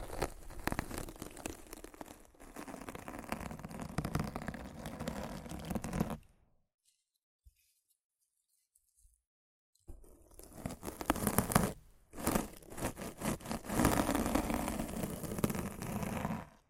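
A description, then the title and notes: Rough scratching and brushing against a microphone, a dense, grainy rasp full of quick strokes, running steadily for about six seconds. The sound then drops to near silence for almost four seconds before the scratching resumes, briefly pausing near twelve seconds, then continuing thickly to the end. ASMR Rough Mic Scratching & Brushing (No Talking).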